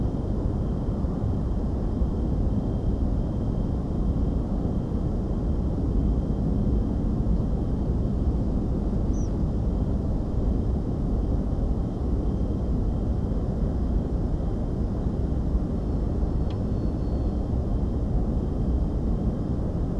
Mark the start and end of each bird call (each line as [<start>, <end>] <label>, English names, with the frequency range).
[9.13, 9.28] Tree Pipit (4.7-6.8 kHz)